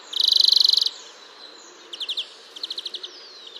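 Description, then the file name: European greenfinch giving a loud rapid trill, followed by softer shorter trills of clipped notes. "Chloris chloris"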